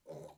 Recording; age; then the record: pig call; piglet (1 to 25 days)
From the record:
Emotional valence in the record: negative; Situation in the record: restrain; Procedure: back test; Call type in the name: low-frequency call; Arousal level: low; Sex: female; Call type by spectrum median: low-frequency call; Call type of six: low-frequency stable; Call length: 0.38 s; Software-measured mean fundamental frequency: 50 Hz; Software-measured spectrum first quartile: 334 Hz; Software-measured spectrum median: 528 Hz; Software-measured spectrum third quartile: 782 Hz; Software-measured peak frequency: 559 Hz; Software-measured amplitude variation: 204 dB a second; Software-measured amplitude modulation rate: 21.1 a second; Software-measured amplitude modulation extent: 9.7 dB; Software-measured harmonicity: 3.1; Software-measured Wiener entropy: 0.07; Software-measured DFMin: 903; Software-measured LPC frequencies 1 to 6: 536, 2167, 3936, 5275, 6149, 7101 Hz